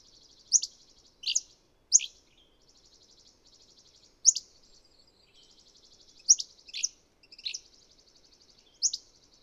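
Bird chirps, sharp high notes between soft rapid trilled ticking, the chirps coming irregularly singly or in pairs on a quiet background.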